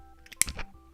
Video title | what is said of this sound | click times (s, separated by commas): I'm a full-time fantasy author, ask me anything! (July 21, '25) | You hear that snap into place, man? | 0.4 s